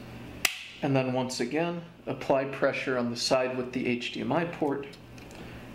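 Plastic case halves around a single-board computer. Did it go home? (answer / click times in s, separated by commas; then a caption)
yes / 0.4 s. A single sharp click at 0.4 s as pressure on the side opposite the HDMI port snaps the two plastic halves of a CanaKit Raspberry Pi 3 B+ case into place. Someone then talks. The case is seated.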